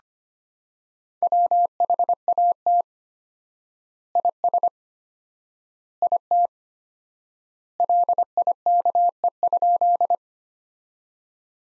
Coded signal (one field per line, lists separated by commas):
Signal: Morse code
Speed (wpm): 25 wpm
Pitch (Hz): 700 Hz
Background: none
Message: WHAT IS IT LIKE?